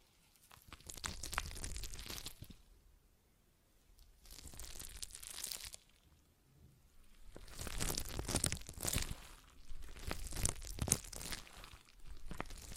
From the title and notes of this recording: ASMR Relaxing Stress Ball Sounds (No Talking).